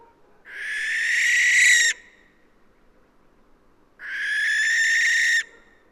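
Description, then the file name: Western barn owl giving two long, harsh hissing screeches, each about one and a half seconds, separated by a pause of roughly two seconds. "Western Barn Owl Tyto alba"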